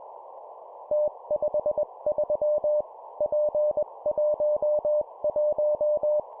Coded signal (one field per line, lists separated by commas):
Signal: Morse code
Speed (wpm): 21 wpm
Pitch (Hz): 600 Hz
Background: none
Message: T53 P11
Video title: 20wpm Three letter words letter,number,number, morse code practice